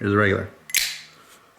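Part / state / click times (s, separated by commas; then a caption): hinged lid onto lighter case / seated / 0.7 s, 0.8 s. Someone talks, then the hinged lid of a regular Zippo lighter is snapped shut onto its case, with sharp metallic clicks at 0.7 s and 0.8 s as the lid seats closed. This regular model is the comparison for the thicker brass Armor case, which gives a louder, more audible click.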